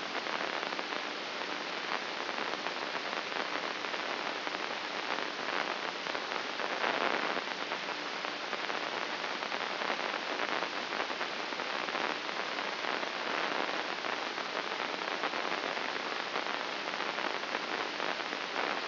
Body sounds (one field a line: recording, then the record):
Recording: brain microelectrode recording played as sound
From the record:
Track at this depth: outside the subthalamic nucleus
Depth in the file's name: 7.029 mm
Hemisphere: left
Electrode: 2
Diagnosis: Parkinson's disease